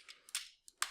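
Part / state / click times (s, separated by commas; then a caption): plastic transforming-figure part into its locked position on the body / seated / 0.8 s. A part of a plastic transforming action figure is popped out and snapped into its locked position on the body during the figure's transformation. A series of short, sharp plastic clicks and snaps occurs around 0.1, 0.3, 0.4 and 0.7 seconds, then the loudest, crispest click comes at 0.8 seconds as the part clicks into place and locks.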